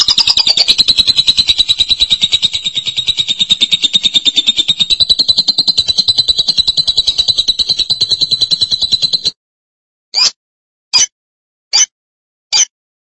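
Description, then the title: Lovebird chatter: a long, fast, high buzzy trill lasting around nine seconds, then four evenly spaced sharp chirps. "BM Suara Burung Lovebird"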